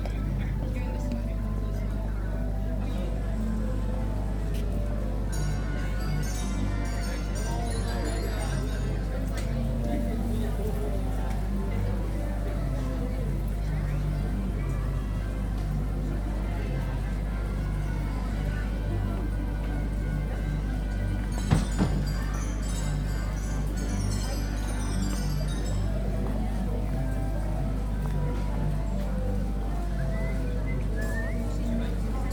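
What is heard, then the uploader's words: Market and funfair sounds at Chesterfield: a dense, steady murmur of many voices over a constant low hum. Faint bright jingling and clattering rise through the mix around six and twenty-two seconds, with a sharp knock just past twenty-one seconds. Market and funfair, Chesterfield, UK in April 2023 – by Larrie Knights. At the bustling Chesterfield flea market, I was immersed in the vibrant sounds of a funfair.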